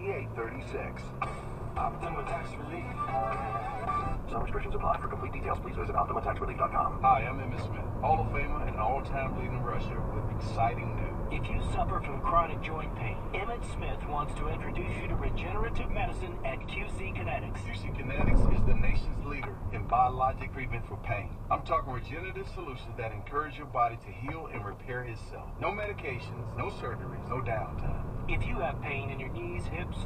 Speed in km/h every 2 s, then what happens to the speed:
2, 11, 18, 31, 40, 47, 47, 44, 35, 24, 16, 8, 0, 0, 16.
0-10 pulls away to 47. 12-24 brakes to 0. 24-26 standing. 26-28 pulls away to 16.